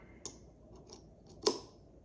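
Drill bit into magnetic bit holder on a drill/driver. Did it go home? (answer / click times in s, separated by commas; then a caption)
yes / 1.5 s. A drill bit is pushed into a magnetic bit drive on a drill/driver. After a sharp tick at 0.3 s and a faint one at 0.9 s, it snaps in with a loud, bright click at 1.5 s and is held by the magnet.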